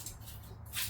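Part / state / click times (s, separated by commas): side rail latching on a hospital bed frame / not seated / none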